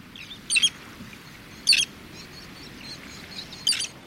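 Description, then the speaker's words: Roseate Tern giving three short, harsh, high-pitched calls spaced about a second or two apart over a soft background hiss. Calls softly while flying along the Connecticut shoreline of Long Island Sound. "roseate tern calls softly as it flies along the Connecticut shoreline of Long Island Sound."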